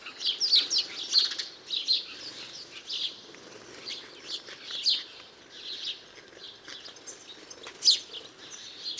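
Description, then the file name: House sparrow chirps, a busy, irregular run of short bright notes, with fainter chirping behind. "Passer domesticus"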